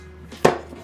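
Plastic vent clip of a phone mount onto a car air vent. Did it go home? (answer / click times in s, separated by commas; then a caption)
yes / 0.5 s. The plastic vent clip of a phone mount is closed down onto a car air vent. A faint soft sound at 0.3 s comes before a sharp snap at 0.5 s as the clip locks into place, seated.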